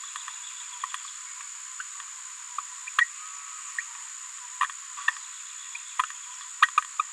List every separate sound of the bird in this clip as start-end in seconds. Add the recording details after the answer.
2.98-3.04, 4.61-4.66, 5.08-5.11, 6.99-7.02. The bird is a female. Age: 27 days. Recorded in a nest box in Venezuela. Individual 17B73B2